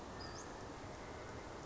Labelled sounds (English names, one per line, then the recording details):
Western Flycatcher
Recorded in Sonoma County, California